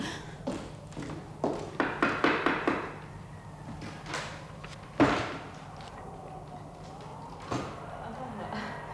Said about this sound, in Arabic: الباب، سأفتح الباب.